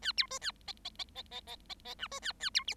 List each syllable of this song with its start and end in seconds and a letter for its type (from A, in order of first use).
0.02-0.12 A, 0.17-0.27 B, 0.30-0.39 C, 0.41-0.51 A, 0.67-0.72 D, 0.84-0.90 D, 0.98-1.04 D, 1.15-1.22 D, 1.31-1.41 D, 1.47-1.56 D, 1.69-1.74 D, 1.84-1.95 D, 1.98-2.07 E, 2.11-2.19 C, 2.22-2.32 A, 2.40-2.50 A, 2.54-2.64 B, 2.67-2.74 F